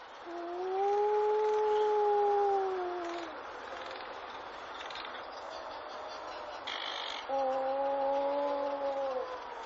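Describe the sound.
Wedge-tailed shearwater calls: drawn-out moaning tones in two long notes separated by a pause, over a steady background hiss with a brief higher rasp.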